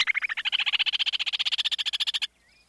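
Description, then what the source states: Upland Sandpiper song: a rapid bubbling trill of evenly pulsed notes, rising slightly in pitch for about two seconds, then stopping abruptly. Grassland breeder, main populations in the north-central U.S.; winters in South American grasslands; numbers plummeted over the past century from habitat loss to row crops and shrubs.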